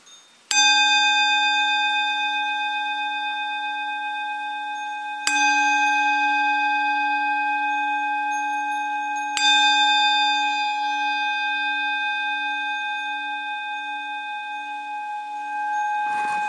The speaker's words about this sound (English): Okay, so again, listen to the sound of bell.